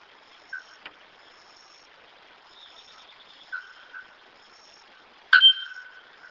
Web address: araponga. canto